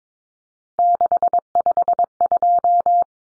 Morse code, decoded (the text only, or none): 652